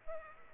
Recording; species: mosquito wingbeat signal from an infrared sensor; Aedes aegypti